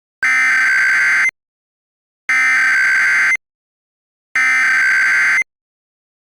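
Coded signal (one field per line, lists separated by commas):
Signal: Emergency Alert System (SAME) tones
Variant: header bursts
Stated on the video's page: Mock EAS alert made on a U-verse TV alert template; not a real alert.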